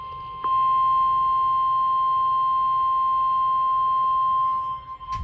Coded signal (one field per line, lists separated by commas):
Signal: Emergency Alert System (SAME) tones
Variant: 1050 Hz attention tone